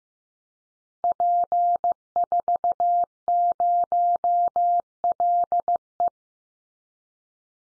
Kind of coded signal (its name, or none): Morse code